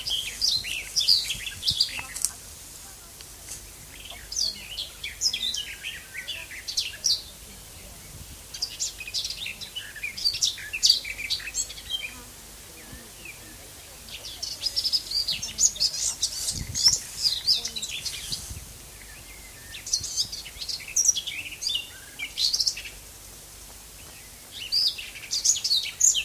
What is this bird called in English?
Garden Warbler